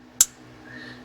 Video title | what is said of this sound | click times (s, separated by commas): I shortened my Holley Terminator X Harness by 2 feet! | you hear that click and then we can grab the wire that we want and hopefully just that wire | 0.2 s